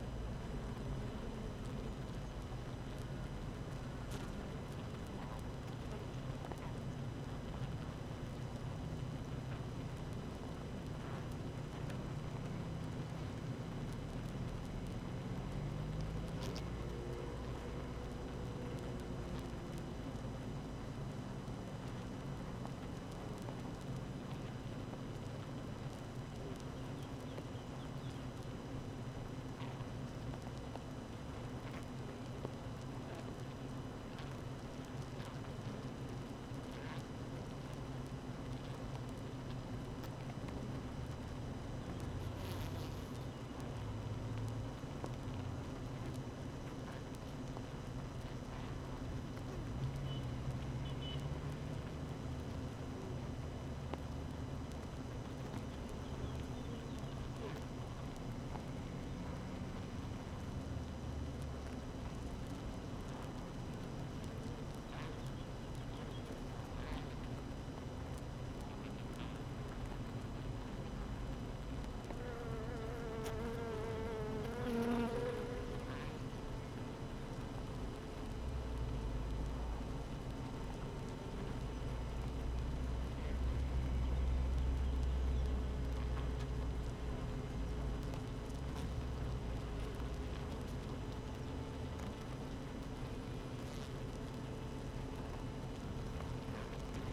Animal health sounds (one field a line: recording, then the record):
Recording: honeybee colony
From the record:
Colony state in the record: active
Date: 12 June 2018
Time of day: 7:33